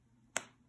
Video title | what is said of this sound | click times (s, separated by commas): Josephine wants to dance art projects | I'm going to close up our glue stick now. Listen for the click. | 0.4 s